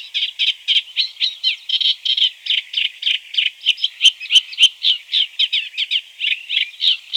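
Caspian reed warbler song of rhythmic, scratchy repeated notes, with a few thin high clicks mixed in partway through.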